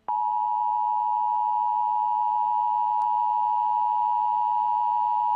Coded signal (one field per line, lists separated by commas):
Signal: Emergency Alert System (SAME) tones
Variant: 853 and 960 Hz attention tone